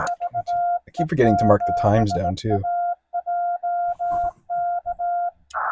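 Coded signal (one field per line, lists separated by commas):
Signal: Morse code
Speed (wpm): 18 wpm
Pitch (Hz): 700 Hz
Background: speech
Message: VE7AJK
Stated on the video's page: CW POTA activation by a newcomer calling CQ POTA on 20 metres, Yaesu FT-891 at 20 watts into a 17-foot telescoping whip, battery powered.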